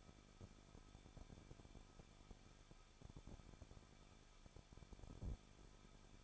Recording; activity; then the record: daily activity, microphone in the room; no activity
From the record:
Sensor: 5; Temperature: 20.8 degrees Celsius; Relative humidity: 38.6%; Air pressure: 1006.5 hPa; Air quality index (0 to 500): 191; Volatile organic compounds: 20 ppm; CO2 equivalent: 2702 ppm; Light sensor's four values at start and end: 2/3/1/1 and 2/3/1/1